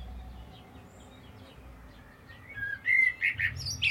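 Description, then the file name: Common blackbird with a short burst of clear whistled notes and a high squeaky ending after a quiet, faintly humming start. "Turdus merula"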